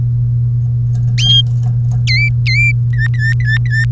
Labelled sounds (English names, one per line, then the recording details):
Domestic Canary song
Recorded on 3 May 2018 at 10:25
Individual llb3